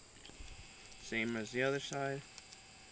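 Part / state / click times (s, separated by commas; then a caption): leg strap buckle into hunting saddle buckle receiver / not seated / none. The leg strap buckle of an XOP Mondo hunting saddle is handled near its buckle receiver, with faint handling ticks around 0.5 s and 2.5 s while someone talks. Nothing has seated or clicked yet: the buckle has not snapped in or shown green.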